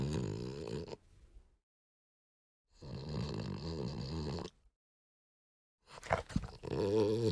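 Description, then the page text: French Bulldog snorting: three harsh, rattling nasal bursts, each about a second or more long, separated by silent pauses, the last one stuttering and wheezy. Short snort. "French Bulldog Snort Short. Quick Sounds"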